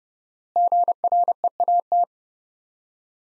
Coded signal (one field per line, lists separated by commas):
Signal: Morse code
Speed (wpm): 30 wpm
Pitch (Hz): 700 Hz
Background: none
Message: GREAT